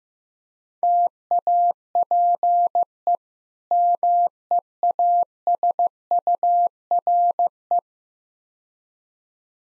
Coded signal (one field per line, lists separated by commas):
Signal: Morse code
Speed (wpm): 15 wpm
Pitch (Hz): 700 Hz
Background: none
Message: TAPE MEASURE